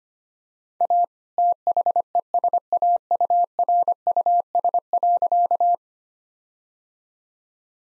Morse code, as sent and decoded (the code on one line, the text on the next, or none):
.- / - .... . ... .- ..- .-. ..- ... .-.-.-
A THESAURUS.